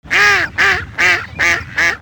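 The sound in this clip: Duck quacking, five loud nasal quacks in a steady, evenly spaced series.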